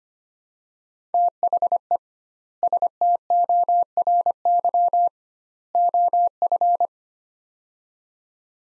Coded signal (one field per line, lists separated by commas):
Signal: Morse code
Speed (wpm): 25 wpm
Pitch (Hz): 700 Hz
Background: none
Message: THE STORY OF